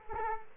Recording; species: mosquito wingbeat signal from an infrared sensor; Aedes aegypti